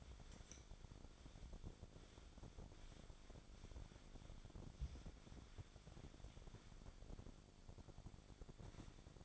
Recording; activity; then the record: daily activity, microphone in the room; wipe stove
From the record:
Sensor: 5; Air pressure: 1007.1 hPa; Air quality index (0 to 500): 175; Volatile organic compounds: 4 ppm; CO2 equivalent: 1671 ppm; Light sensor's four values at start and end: 52/144/57/57 and 52/142/56/56